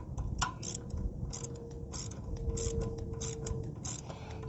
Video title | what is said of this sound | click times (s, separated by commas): Ride1Up Revv1 DRT Electric Bike Unboxing – What You Need to Know! | Okay, you can hear the click, so it means it's reached the point of 6 Newton torque. | 0.4 s